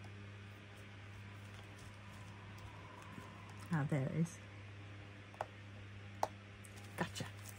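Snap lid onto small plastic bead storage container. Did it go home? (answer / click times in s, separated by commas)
yes / 6.2 s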